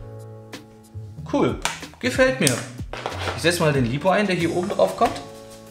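A part that goes on top of the plastic body of a FIMI X8 SE drone is handled while someone talks over background music, with a few light handling knocks. Nothing has seated or clicked yet; the clip ends just before the part goes home.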